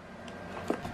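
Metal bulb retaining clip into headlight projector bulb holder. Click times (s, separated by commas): 0.7 s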